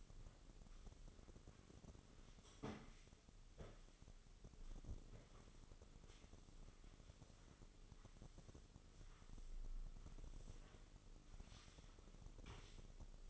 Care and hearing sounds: daily activity, microphone in the room; sweep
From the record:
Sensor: 4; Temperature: 26.8 degrees Celsius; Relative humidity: 28.1%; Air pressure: 996.7 hPa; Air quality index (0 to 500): 87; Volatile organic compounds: 4 ppm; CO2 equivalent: 1684 ppm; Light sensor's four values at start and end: 18/50/19/20 and 20/53/21/22

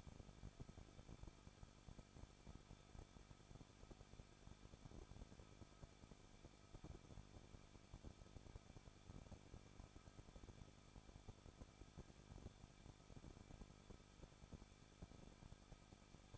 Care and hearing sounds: daily activity, microphone in the room; no activity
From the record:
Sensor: 5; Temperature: 20.9 degrees Celsius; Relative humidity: 38.2%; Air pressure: 1006.5 hPa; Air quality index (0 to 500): 187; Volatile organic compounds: 18 ppm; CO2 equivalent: 2626 ppm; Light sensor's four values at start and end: 2/3/1/1 and 2/3/1/1

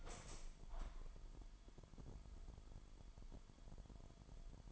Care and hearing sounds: daily activity, microphone in the room; open window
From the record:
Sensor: 5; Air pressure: 998.1 hPa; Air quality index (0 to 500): 96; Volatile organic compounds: 2 ppm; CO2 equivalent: 1093 ppm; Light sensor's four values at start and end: 24/57/24/26 and 24/57/24/26

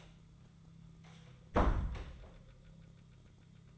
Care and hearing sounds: daily activity, microphone in the room; close door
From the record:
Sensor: 3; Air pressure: 1004.9 hPa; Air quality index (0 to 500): 75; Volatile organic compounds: 2 ppm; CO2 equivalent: 1125 ppm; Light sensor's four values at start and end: 9/20/8/8 and 8/20/8/8

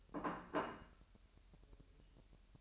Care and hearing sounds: daily activity, microphone in the room; place plate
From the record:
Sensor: 2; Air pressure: 1001.9 hPa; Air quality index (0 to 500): 248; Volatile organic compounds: 39 ppm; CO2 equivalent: 3140 ppm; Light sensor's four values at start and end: 8/28/11/10 and 8/28/10/10

